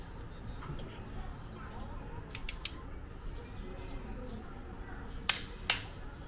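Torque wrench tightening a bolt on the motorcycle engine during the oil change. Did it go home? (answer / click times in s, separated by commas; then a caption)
yes / 5.3 s. A pre-set torque wrench is pulled toward the body to tighten a bolt on a BMW R1200GS motorcycle engine during an oil change. After faint ticks around 2.3–2.7 s, the wrench clicks once at its setting at 5.3 s, followed by another sharp sound at 5.7 s. One click is enough to reach the set torque; there is no need to click it two or three more times.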